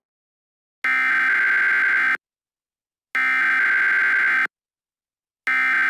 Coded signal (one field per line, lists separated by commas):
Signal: Emergency Alert System (SAME) tones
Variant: header bursts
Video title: EAS Scenario - Outbreak (Virus Scenario Part 3)